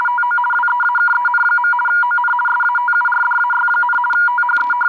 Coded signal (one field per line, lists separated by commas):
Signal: RTTY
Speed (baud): 50 baud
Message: TO WEAKEN. ON SATURDAY, THE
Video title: RTTY Signal (4585 kHz LSB) decoded by DroidRTTY app